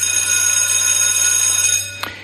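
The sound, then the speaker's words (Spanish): An electric school bell at a school, marking the start of the school day, rings continuously with a harsh, metallic, high-pitched clatter. It stays loud and steady for about two seconds, then cuts off, leaving a low hum. “Es el sonido que marca el inicio de la jornada escolar, que da comienzo al aprendizaje en un sistema educativo bastante tocado.”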